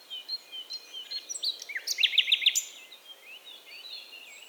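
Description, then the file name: Common nightingale song phrase with four quick, loud repeated notes in the middle. "Luscinia megarhynchos"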